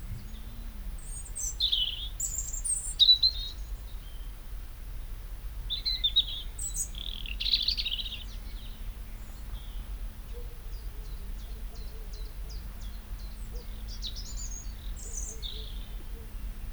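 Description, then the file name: European robin giving high, thin warbled phrases in short bursts with pauses, then a run of fine repeated ticks, over a low droning hum that swells and fades. "Erithacus rubecula"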